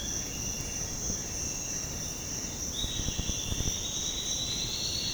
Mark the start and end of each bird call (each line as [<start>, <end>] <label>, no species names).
[1.26, 5.14] bird call